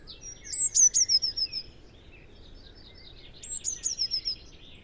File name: Cyanistes caeruleus